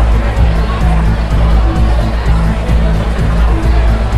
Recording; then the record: background sound without coughing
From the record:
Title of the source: Party Noise 1 Hour Party Ambience